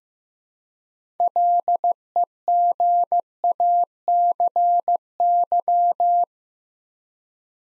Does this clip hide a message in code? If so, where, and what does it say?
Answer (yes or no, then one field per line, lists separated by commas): yes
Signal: Morse code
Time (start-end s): 1.2-6.2 s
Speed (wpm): 15 wpm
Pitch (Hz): 700 Hz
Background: none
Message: LEGACY